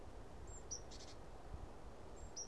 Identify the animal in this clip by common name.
Great Tit